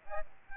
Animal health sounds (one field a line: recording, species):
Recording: mosquito wingbeat signal from an infrared sensor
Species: Aedes albopictus